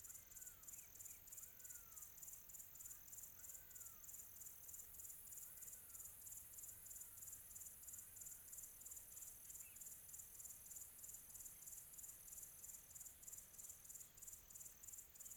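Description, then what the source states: Cricket chirping as a dense, steady high-pitched trill throughout, with a few soft whistled notes in the background. Quiet tropical atmosphere.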